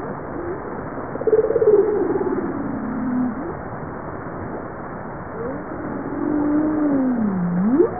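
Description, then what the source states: Bowhead whale calls, two long moans gliding slowly downward, the second ending in a quick upward sweep. Recorded 26 April 1988 at 15:12.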